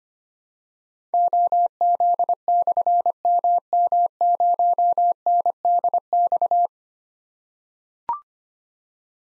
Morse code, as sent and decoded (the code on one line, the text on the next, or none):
--- --.. -..-. -- -- ----- -. -.. -..-
OZ/MM0NDX